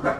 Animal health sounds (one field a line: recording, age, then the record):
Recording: pig call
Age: growing-finishing pig (85 days or more)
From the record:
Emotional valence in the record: positive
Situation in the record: run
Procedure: transit